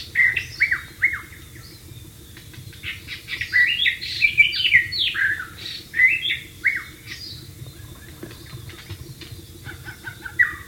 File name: suara burung murai batu di alam liar